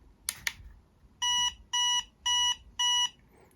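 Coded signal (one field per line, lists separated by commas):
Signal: beep code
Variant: Energrid power bank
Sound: a click or button press, then four short even beeps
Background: small room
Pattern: 4 short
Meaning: Battery is between 76 and 100 percent full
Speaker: so you heard four beeps that means that this power bank is between 100 and 76 full so you're pretty good when you hear four beeps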